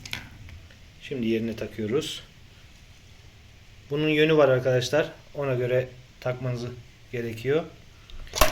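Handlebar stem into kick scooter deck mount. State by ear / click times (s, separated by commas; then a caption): seated / 8.4 s. The handlebar stem of a Voit light-up three-wheel mini scooter is pressed into its deck mount in the correct orientation while someone talks. A sharp click at 8.4 s marks the stem seating in place.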